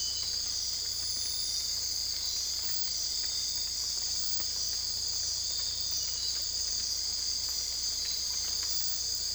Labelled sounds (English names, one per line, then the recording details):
none
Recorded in dense forest near Puerto Asís, Putumayo, Colombia, on 20 December 2024 at 03:00
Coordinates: 0.485, -76.318
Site GP03